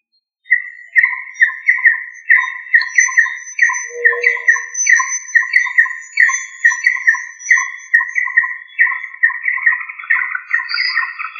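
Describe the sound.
Rail giving a steady series of rapid, buzzy stuttering notes that continue without pause, with faint high whistles in the background.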